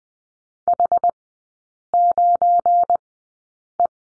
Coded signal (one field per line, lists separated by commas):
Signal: Morse code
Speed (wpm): 20 wpm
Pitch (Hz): 700 Hz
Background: none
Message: H9E